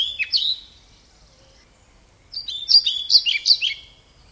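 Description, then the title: European pied flycatcher singing a short run of high chirping notes, then after a pause a longer phrase of sweet, tumbling notes. "Viikon luontoääni: Kirjosieppo"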